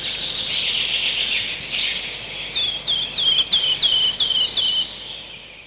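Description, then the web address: Wood warbler song: a series of sharp, high downslurred notes in quick succession. Spring. "vremena vesna penochka-trestshotka"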